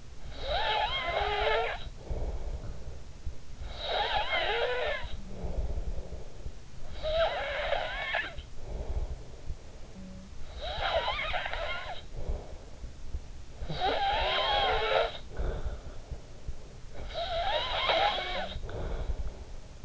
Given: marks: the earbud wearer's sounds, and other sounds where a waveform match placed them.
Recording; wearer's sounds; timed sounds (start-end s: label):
sounds in sleep by an in-ear microphone; snoring breath
0.00-3.31 s: snoring breath
3.71-6.63 s: snoring breath
6.74-13.09 s: snoring breath
13.35-16.32 s: snoring breath
16.89-19.72 s: snoring breath